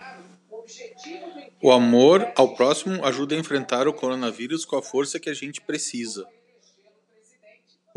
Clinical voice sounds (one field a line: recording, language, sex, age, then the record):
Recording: spoken sentence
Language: Brazilian Portuguese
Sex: male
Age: 50 to 59 years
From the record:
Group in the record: control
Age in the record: 50 years